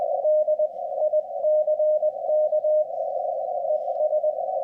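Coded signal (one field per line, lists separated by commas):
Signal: Morse code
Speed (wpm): 19 wpm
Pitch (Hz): 610 Hz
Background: radio noise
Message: DICK ES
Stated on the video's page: Hermes Lite 2 SDR HF transceiver controlled by Thetis software.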